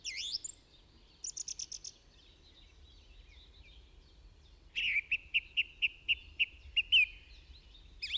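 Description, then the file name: Budgerigar calls: a sweeping whistle, a short buzzy series, quiet warbling, then a string of about eight evenly spaced chirps. "Budgie Sounds"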